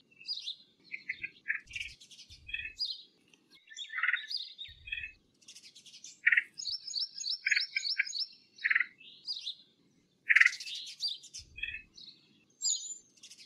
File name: Red Headed Woodpecker Call